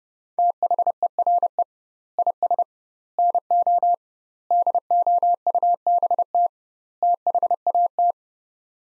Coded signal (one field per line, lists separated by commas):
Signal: Morse code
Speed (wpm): 30 wpm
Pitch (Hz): 700 Hz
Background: none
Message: THERE IS NO DOUBT THAT